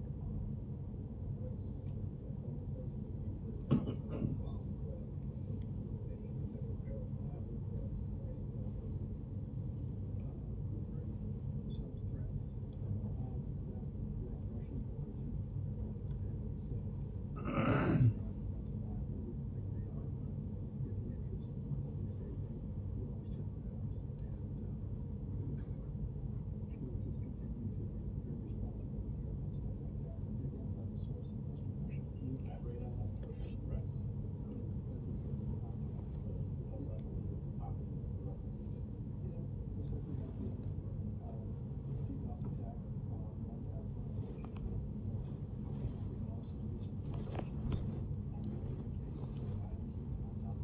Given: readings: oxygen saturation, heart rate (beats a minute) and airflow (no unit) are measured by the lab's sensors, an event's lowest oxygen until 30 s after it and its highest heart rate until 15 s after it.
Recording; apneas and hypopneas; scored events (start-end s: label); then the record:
a person awake in a sleep study, by a smartphone at the bedside; none
0.00-50.64 s: awake
From the record:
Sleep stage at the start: awake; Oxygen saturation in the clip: 95 to 97%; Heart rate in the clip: 79 to 90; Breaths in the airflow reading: 9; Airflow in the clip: -8.9 to 11.0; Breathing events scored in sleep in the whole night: 131 in 7.2 hours asleep